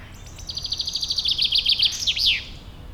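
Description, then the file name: Common chaffinch song: a brisk run of repeated bright notes ending in a downslurred flourish. "Fringilla coelebs"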